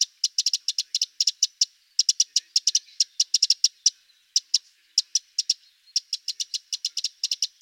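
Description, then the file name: Eurasian wren giving sharp, dry ticking calls in quick runs, clustered in bursts with short gaps between them, high-pitched and clicky throughout. "Troglodytes troglodytes"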